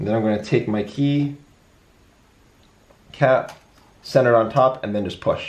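A large plastic key cap is centred over the retainer clip and stabilizer bar of an Acer Aspire V5 laptop keyboard, ready to be pushed down. Someone talks throughout, with a quiet pause in the middle. Nothing has snapped or seated yet.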